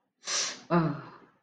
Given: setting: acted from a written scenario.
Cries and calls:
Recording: vocal sound without words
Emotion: sympathy

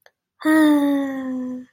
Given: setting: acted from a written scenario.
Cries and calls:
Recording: vocal sound without words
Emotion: contentment

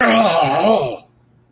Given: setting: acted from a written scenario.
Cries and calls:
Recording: vocal sound without words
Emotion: pain

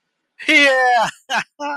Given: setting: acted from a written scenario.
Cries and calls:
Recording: vocal sound without words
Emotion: triumph

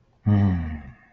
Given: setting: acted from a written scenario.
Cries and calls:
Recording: vocal sound without words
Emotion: guilt

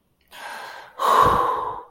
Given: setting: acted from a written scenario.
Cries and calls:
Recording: vocal sound without words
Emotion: contentment

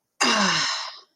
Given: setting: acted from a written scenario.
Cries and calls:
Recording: vocal sound without words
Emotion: contentment

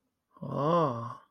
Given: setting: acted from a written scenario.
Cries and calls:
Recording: vocal sound without words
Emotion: awe

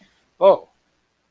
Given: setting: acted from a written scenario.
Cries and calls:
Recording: vocal sound without words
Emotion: interest

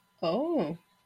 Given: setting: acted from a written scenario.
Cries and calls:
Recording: vocal sound without words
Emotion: amusement

